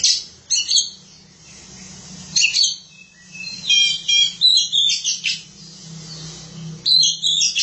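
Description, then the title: Oriental magpie-robin song with quick repeated ticking trills, scratchy notes and whistles, delivered in bursts with gaps, over a steady low hum. Song of the kacer. "Suara Kicauan Burung Kacer"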